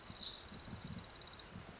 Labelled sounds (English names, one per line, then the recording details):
Orange-crowned Warbler
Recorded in Sonoma County, California